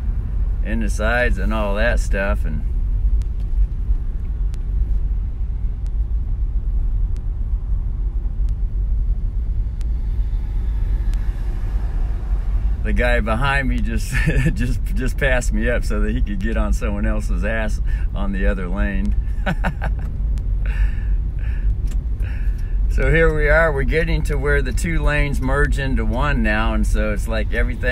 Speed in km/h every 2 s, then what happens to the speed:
9, 9, 9, 9, 9, 9, 9, 9, 9, 9, 11, 10, 9, 9.
0-28 steady at about 9.